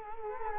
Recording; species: mosquito wingbeat signal from an infrared sensor; Culex quinquefasciatus